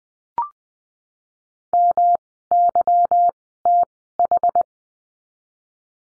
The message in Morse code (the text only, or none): MYTH